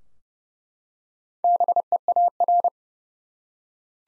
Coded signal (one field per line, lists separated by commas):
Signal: Morse code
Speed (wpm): 30 wpm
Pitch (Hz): 700 Hz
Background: none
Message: BEAR